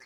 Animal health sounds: pig call; piglet (1 to 25 days)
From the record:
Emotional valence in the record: positive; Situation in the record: short reunion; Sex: female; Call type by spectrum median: low-frequency call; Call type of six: low-frequency tonal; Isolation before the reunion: 3 minutes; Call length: 0.06 s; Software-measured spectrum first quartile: 1760 Hz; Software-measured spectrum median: 2369 Hz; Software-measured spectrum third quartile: 5150 Hz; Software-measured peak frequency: 2064 Hz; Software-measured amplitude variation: 16 dB a second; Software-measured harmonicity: 2.6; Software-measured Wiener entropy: -2.06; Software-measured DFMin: 449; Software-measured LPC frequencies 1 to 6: 792, 1788, 2113, 4393, 5261, 5869 Hz

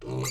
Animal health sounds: pig call; weaner (32 to 43 days)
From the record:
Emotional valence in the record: negative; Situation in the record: short isolation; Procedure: open field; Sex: female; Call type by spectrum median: low-frequency call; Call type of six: mixed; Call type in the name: high-frequency modulated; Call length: 0.30 s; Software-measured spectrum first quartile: 265 Hz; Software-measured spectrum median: 1270 Hz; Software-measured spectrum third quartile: 5841 Hz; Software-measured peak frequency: 390 Hz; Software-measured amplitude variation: 59 dB a second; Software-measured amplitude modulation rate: 19.7 a second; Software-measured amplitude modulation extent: 3.0 dB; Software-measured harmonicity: 0.4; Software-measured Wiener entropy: -4.20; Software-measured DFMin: 768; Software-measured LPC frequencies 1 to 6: 364, 1087, 2153, 2650, 3943, 4663 Hz

